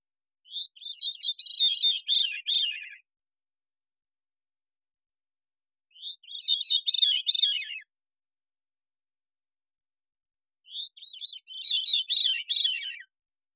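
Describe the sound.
Veery song: three breezy, rolling phrases, each spiralling downward in pitch, separated by about three seconds of silence.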